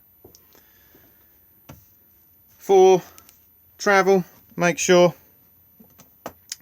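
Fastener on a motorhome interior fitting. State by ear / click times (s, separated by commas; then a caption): seated / 6.3 s, 6.5 s. A fastener on an interior fitting of a 2021 Auto-Trail Imala 615 motorhome is secured for travel, with the part put up and then fastened. Someone talks over faint handling knocks, then two sharp clicks at 6.3 s and 6.5 s as the fastener closes and the fitting is seated.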